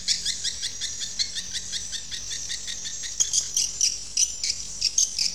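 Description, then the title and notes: Swiftlet chirping calls, a steady stream of high, rapid clicking chirps with frequent louder bursts, stronger in the second half. Used for swiftlet farming in Asia. "Swiflet Bird Sound. Farming Swiflet Bird asia sound"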